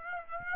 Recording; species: mosquito wingbeat signal from an infrared sensor; Aedes aegypti